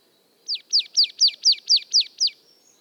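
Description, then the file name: Marsh Tit song: a steady run of eight bright downslurred notes, evenly spaced and rapid, over a quiet background. "Poecile palustris"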